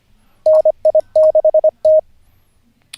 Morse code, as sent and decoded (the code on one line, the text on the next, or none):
-. .. -.... -
NI6T